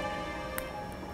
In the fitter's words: what we like with a clasp is to hear it click